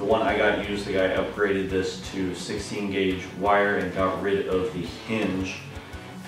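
The folding stock of a used VFC SCAR-H airsoft rifle, upgraded with 16 gauge wire and with its hinge removed, is handled as it swings back toward the rifle receiver hinge. Someone talks throughout. The stock has not snapped or locked into place yet; nothing has seated or clicked in this clip.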